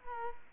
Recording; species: mosquito wingbeat signal from an infrared sensor; Culex quinquefasciatus